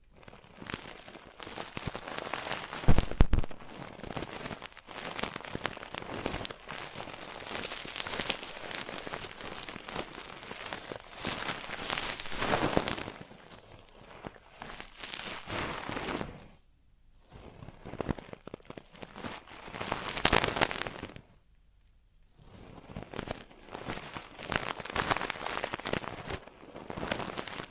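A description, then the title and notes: Scratching and crackling from ear cleaning, a dense, dry rustle that rises and falls in short bursts right against the microphone. A louder crackle comes near three seconds, and the sound drops to near silence twice, around seventeen and twenty-one seconds. ASMR Traditional Chinese Ear Cleaning and Earwax Removal (No Talking).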